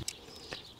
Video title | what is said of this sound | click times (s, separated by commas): Le robot tondeuse qui vous change la vie - Ep 99 | vient prendre la pince et comme tu vas pouvoir le voir, hop, c'est pincé, c'est clipsé. | 0.1 s